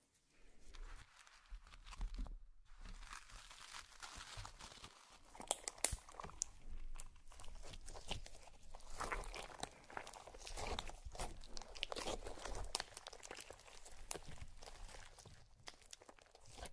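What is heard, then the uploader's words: Slime being squished and worked, with a dense, wet crackling that runs almost without pause. Sharp pops and clicks stand out every second or so, especially from about six seconds on. Brief gaps near one, two and a half, and five seconds. Some various mixed sounds. Slime Sounds.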